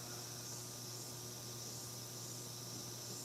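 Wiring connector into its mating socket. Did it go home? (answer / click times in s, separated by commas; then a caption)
no / none. A wiring connector is checked for which way round it goes, straight in or turned 180 degrees, and lined up with its mating socket before being pushed home. Only quiet handling is heard over a steady broadband hiss with a low hum, with no sharp transients. The connector has not yet been pushed in and nothing has clicked.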